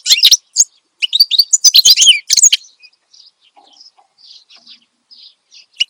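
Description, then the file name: Finch song: a lively burst of high chirps and sweeping twitters for over two seconds, followed by soft scattered calls. Energetic ('gacor') song used as a master recording for tutoring songbirds. "Suara Kicauan Burung Finch Gacor Dor Cocok Untuk Masteran"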